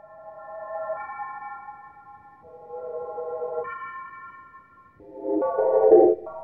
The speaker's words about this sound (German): bekanntesten Stücken, die auf additiver Synthese, also der Schichtung von Sinustönen, beruhen